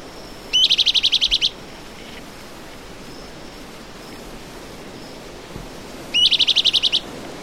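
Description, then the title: Bran-colored Flycatcher giving two bursts of rapid high chattering notes, each about a second long, several seconds apart, with soft background hiss between. Subspecies auriceps. "LuckyPassaro Completos2Sama. Bran-colored Flycatcher"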